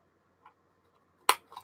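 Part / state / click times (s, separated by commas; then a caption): plastic strap clip on an equipment item / seated / 1.3 s. A strong plastic clip that holds the straps on an equipment item is pressed down, snapping shut with a loud, sharp click at 1.3 s. A faint tick comes at about 0.5 s, and two softer clicks follow around 1.5–1.6 s. The clip is seated and will not come loose.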